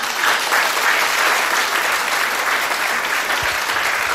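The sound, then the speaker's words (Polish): Sustained audience applause at a concert, a dense, steady wash of many hands clapping at an even loudness for about four seconds, with no voices standing out. “Brawa dla Państwa, dla Was.”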